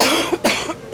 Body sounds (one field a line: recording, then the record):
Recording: coughing mixed with background sound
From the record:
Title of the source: 61 morning phlegmy cough...again